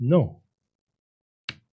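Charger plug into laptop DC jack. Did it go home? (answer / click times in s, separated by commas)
yes / 1.5 s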